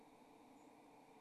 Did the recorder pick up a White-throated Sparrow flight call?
yes